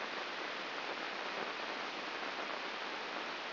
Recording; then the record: brain microelectrode recording played as sound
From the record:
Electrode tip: inside the subthalamic nucleus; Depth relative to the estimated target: 1 mm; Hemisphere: left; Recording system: AlphaMap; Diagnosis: Parkinson's disease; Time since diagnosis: 19 years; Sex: male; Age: 59 years